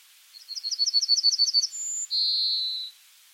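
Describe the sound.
Pine bunting song: a quick run of high repeated chirps, then a short thin high whistle and a longer, buzzy drawn-out final note.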